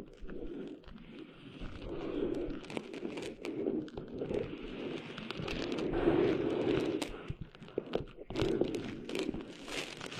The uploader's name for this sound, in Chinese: 沙沙沙…沙滩的沙沙声